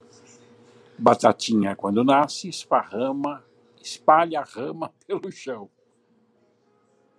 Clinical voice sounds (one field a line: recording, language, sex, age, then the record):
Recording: short text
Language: Brazilian Portuguese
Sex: male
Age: 70 to 79 years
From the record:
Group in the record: control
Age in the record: 71 years